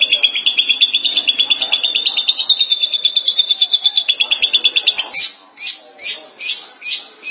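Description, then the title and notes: Long-tailed Shrike song: a fast, buzzy trill lasting about five seconds, followed by several loud, harsh rasping notes. Recorded March 2017. "Suara burung pentet"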